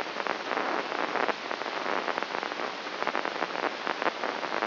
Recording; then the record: brain microelectrode recording played as sound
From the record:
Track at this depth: inside the subthalamic nucleus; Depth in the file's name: 4.23 mm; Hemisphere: left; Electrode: 3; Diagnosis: Parkinson's disease